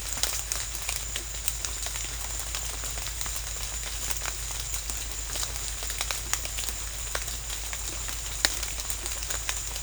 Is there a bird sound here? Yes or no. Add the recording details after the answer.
no. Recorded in secondary vegetation near Puerto Asís, Putumayo, Colombia, on 18 December 2024 at 16:00. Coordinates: 0.499, -76.323. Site G010